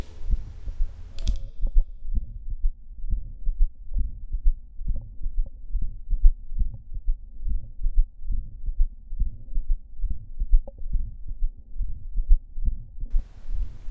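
Heartbeat heard by stethoscope at the apex of an adolescent's heart: an innocent Still's murmur with a third heart sound. Echocardiography showed mild aortic regurgitation and an altered, possibly bicuspid, aortic valve.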